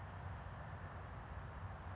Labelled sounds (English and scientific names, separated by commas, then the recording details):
California Towhee (Melozone crissalis)
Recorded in Sonoma County, California